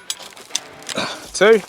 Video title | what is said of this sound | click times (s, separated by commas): Ultimate Camping Adventure with the SAN HIMA Alpine Rooftop Tent ! | until you hear the clicking noise. There you go, 1, | 0.1 s, 0.6 s